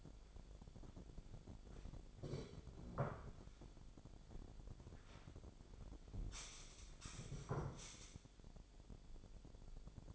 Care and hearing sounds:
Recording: daily activity, microphone in the room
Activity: sit down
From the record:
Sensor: 5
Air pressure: 1008.0 hPa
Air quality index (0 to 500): 154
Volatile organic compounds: 3 ppm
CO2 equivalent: 1481 ppm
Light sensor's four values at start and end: 58/163/63/63 and 58/163/63/63

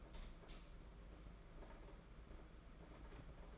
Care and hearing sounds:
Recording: daily activity, microphone in the room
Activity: light on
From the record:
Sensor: 5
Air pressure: 992.1 hPa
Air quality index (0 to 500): 205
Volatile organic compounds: 1000 ppm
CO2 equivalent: 5938 ppm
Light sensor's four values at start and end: 8/19/7/8 and 8/21/8/9

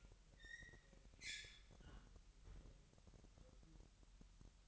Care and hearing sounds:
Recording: daily activity, microphone in the room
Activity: close fridge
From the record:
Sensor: 3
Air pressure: 1001.9 hPa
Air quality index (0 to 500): 247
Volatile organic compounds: 52 ppm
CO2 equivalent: 3318 ppm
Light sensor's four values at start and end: 12/36/15/13 and 12/36/15/13

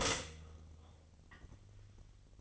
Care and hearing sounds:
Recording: daily activity, microphone in the room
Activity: stop toaster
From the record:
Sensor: 4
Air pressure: 1002.9 hPa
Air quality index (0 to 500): 238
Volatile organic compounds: 17 ppm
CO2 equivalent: 2586 ppm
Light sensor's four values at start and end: 17/58/22/21 and 21/70/26/26

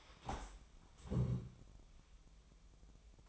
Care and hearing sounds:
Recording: daily activity, microphone in the room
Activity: stand up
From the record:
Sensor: 1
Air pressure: 1005.0 hPa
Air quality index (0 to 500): 124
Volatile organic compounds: 5 ppm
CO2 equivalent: 1731 ppm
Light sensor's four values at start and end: 11/27/11/12 and 11/26/10/11

